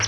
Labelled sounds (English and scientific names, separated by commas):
Palm Warbler (Setophaga palmarum) flight call